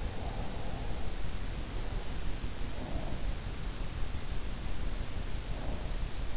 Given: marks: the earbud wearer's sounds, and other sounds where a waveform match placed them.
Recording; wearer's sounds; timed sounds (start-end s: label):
sounds in sleep by an in-ear microphone; breath
0.00-0.99 s: breath
2.64-3.48 s: breath